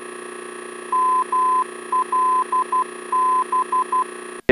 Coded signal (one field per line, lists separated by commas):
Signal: Morse code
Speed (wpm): 12 wpm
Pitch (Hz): 1020 Hz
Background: none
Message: MLB